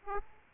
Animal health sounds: mosquito wingbeat signal from an infrared sensor; Aedes aegypti

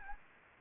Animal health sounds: mosquito wingbeat signal from an infrared sensor; Anopheles gambiae

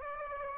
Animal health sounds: mosquito wingbeat signal from an infrared sensor; Aedes aegypti

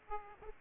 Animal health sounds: mosquito wingbeat signal from an infrared sensor; Aedes aegypti

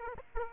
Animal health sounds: mosquito wingbeat signal from an infrared sensor; Aedes aegypti

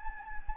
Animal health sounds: mosquito wingbeat signal from an infrared sensor; Anopheles gambiae

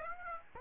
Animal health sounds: mosquito wingbeat signal from an infrared sensor; Aedes aegypti

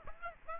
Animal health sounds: mosquito wingbeat signal from an infrared sensor; Aedes aegypti

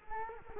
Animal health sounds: mosquito wingbeat signal from an infrared sensor; Culex quinquefasciatus

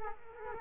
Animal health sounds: mosquito wingbeat signal from an infrared sensor; Culex quinquefasciatus

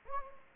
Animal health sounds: mosquito wingbeat signal from an infrared sensor; Anopheles gambiae

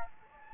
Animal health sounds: mosquito wingbeat signal from an infrared sensor; Anopheles gambiae

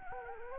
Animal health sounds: mosquito wingbeat signal from an infrared sensor; Anopheles gambiae

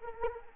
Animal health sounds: mosquito wingbeat signal from an infrared sensor; Anopheles arabiensis

